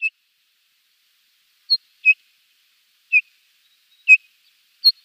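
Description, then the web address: Rufous-tailed Rock-Thrush calls, short high whistled notes given singly at irregular intervals, with nothing else audible. "Schulze Peter Rufous-tailed Rock-Thrush calls"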